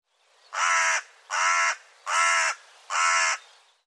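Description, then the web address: Bird calls: four loud, harsh, raspy caws, each about half a second long, evenly spaced at a steady pace. "cianscape birddata Deverinetal"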